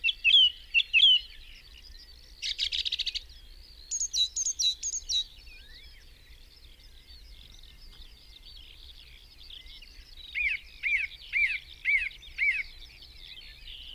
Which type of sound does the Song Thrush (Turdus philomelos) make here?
song